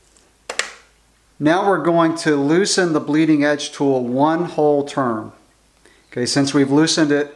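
A Bleeding Edge bleed adapter tool is pressed into the bleed port on a SRAM bicycle brake lever or caliper and clicks into place, with sharp clicks at 0.5 s and 0.6 s. The tool is seated, and then someone talks.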